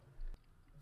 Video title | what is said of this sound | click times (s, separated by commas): How to Install a 9in Touch Screen Radio for a Nissan Altima (2013-2017) | and that just plugs it all the way to the left make sure it snaps all the way in there we go | 0.3 s